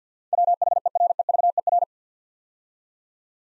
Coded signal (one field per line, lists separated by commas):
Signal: Morse code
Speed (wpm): 53 wpm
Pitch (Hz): 700 Hz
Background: none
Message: WHEREVER